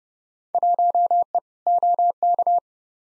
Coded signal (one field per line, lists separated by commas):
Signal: Morse code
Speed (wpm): 31 wpm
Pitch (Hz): 700 Hz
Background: none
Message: 1E OK